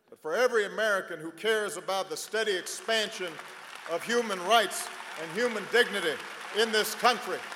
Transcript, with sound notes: but for every American who cares about the steady expansion -- (applause) of human rights and human dignity in this country;